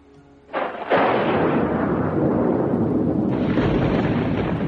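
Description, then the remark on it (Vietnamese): A sharp crack of thunder bursts in and swells into a loud, sustained rumbling roar that rolls on without pause, with a fresh surge of crackling brightness near the end, as huge bolts of lightning strike down from the sky. “Đúng lúc này một đạo thanh âm kinh bạo như sét đánh giữa trời quang vang lên.”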